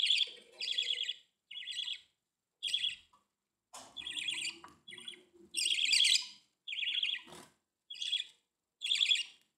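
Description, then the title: Budgerigar chirps: scratchy, buzzy warbled notes in short bursts with brief gaps. "Budgie Sounds"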